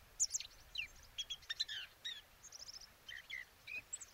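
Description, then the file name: Eurasian blackcap song, a quick, varied warble of high chattering and whistled notes, delivered in rapid bursts with brief pauses across about four seconds, over faint background hiss. "Sylvia atricapilla"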